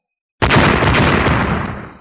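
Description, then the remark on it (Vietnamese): A sudden series of thunderous explosions from attacks striking a white barrier of light erupts out of silence and keeps roaring as one dense, crackling wall of deep rumble, staying loud before slowly starting to fade. “Liên tiếp tiếng nổ kinh thiên động địa vang lên, màn sáng màu trắng điên cuồng chớp động.”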